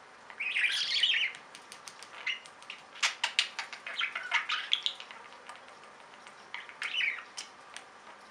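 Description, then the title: Budgerigar chirps in a warbled burst at the start, then a flurry of clicks and a few scratchy notes later. "Budgie Sounds"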